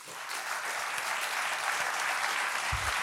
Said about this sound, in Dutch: Mag ik een applaus voor